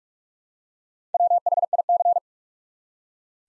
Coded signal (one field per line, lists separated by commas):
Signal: Morse code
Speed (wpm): 44 wpm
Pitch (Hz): 700 Hz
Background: none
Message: WHIC